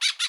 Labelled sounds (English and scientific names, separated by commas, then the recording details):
Brown-throated Parakeet (Eupsittula pertinax) contact call
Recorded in Bonaire
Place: 1 km N of power plant, rd to Republiek
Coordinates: 12.184, -68.285